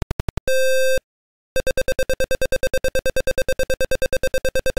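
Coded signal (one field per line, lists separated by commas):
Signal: none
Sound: game jingle beeps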